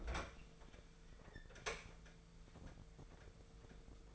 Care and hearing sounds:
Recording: daily activity, microphone in the room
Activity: open fridge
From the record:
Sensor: 5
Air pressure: 1015.0 hPa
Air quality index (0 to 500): 184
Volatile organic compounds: 7 ppm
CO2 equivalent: 2017 ppm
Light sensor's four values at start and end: 86/200/87/98 and 90/207/91/103

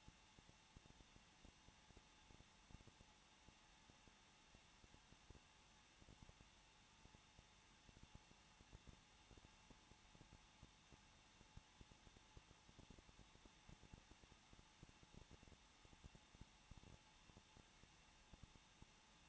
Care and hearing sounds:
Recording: daily activity, microphone in the room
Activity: no activity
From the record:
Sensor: 1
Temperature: 20.1 degrees Celsius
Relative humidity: 39.4%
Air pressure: 1006.4 hPa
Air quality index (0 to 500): 219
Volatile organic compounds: 81 ppm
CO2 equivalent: 3616 ppm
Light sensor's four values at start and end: 1/2/1/1 and 1/2/1/1

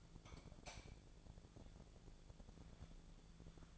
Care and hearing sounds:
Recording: daily activity, microphone in the room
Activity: light off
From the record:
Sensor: 5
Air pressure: 1000.1 hPa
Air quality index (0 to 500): 105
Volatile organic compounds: 1 ppm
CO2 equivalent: 846 ppm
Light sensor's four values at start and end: 248/591/253/281 and 244/581/249/276

